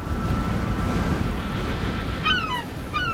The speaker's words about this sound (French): Un vent de force 4-5 balaye les plages du département de Vendée. Au loin, la mer est agitée